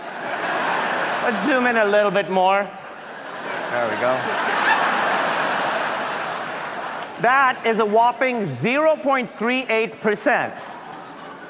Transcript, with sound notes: Let's zoom in a little bit more. There we go.
(LAUGHTER)
That is a whopping 0.38